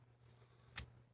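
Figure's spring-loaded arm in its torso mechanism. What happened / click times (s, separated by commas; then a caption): The spring-loaded arm clicked into its cocked position / 0.8 s. The spring-loaded arms of a 1993 Ken Masters G.I. Joe plastic action figure are spun counterclockwise in the torso mechanism until they click into the wound, cocked position, ready to be released for a punch action. A single short, sharp tick sounds at 0.8 s over a steady low hum. The arm is seated in its wound position.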